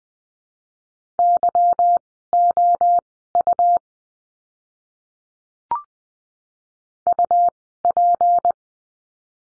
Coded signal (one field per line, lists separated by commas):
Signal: Morse code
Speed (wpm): 20 wpm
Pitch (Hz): 700 Hz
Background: none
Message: YOU UP